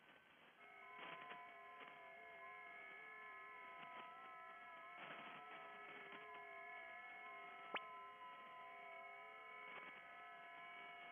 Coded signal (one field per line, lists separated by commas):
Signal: FT8